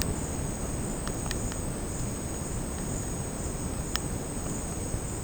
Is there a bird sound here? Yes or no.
no